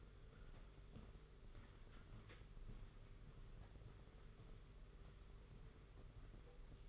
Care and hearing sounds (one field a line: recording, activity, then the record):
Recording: daily activity, microphone in the room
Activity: walk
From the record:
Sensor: 4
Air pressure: 991.5 hPa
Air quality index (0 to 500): 138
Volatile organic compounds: 57 ppm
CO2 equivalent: 3385 ppm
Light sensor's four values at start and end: 22/74/27/28 and 23/74/27/28